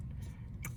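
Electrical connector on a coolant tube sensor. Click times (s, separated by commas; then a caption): 0.6 s. A small flat-blade screwdriver is pushed into the plastic locking tab of an electrical connector on a coolant tube sensor on a 2009 Audi A3 2.0T. The tab releases with a short, bright click at 0.7 s over a steady low hum, so the connector can be pulled off.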